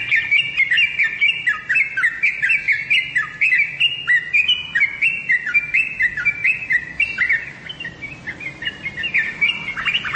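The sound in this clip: Bird song, a rapid run of chirping, squeaky notes between mid and high pitch, repeated several times a second with brief dips, continuing almost without pause.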